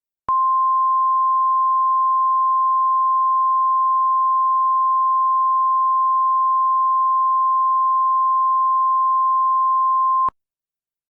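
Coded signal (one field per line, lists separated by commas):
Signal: Emergency Alert System (SAME) tones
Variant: 1050 Hz attention tone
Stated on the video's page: Fictional EAS scenario simulating an alert for a school stabbing spree.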